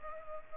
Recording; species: mosquito wingbeat signal from an infrared sensor; Culex pipiens